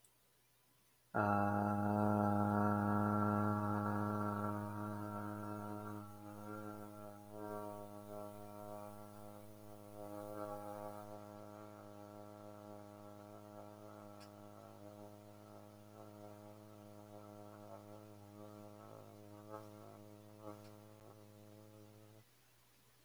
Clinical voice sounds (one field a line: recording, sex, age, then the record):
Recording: vowel held as long as possible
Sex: male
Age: 20 to 29 years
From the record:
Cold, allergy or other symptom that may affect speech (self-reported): no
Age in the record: 25 years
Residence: Wisconsin, United States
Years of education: 16